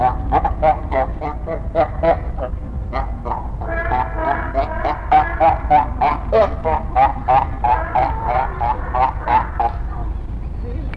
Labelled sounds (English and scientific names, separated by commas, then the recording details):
Brown Fur Seal (Arctocephalus pusillus) call
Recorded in captivity
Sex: male
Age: adult
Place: Zoo Berlin, Berlin, DE
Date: 1960-12-17 16:00
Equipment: Minifon, Kopie Smaragd
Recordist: Tembrock, Günter